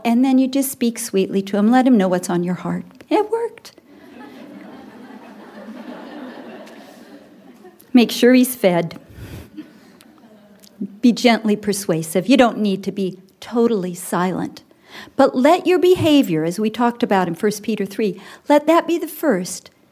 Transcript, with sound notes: Then you just speak sweetly to him and let him know what’s on your heart.” It worked. (laughter) Make sure he’s fed. Be gently persuasive. You don’t need to be totally silent, but let your behavior, as we talked about in 1 Peter 3, let that be the first.